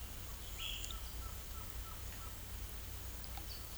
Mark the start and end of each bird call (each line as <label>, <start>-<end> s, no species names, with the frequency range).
bird call (0.8-2.0 kHz), 0.54-2.30 s